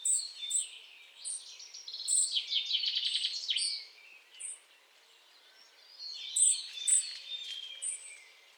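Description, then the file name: European robin song: high, sweet whistled notes and varied warbling phrases with a fast buzzy trill, separated by short pauses, over a faint steady background hiss. "Erithacus rubecula"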